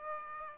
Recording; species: mosquito wingbeat signal from an infrared sensor; Aedes aegypti